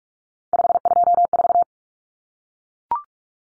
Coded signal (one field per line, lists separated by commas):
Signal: Morse code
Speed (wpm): 44 wpm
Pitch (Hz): 700 Hz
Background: none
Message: 524